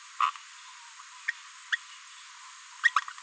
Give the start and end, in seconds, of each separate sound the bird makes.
0.20-0.30, 1.27-1.31, 1.72-1.77, 2.83-2.92